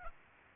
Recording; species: mosquito wingbeat signal from an infrared sensor; Aedes aegypti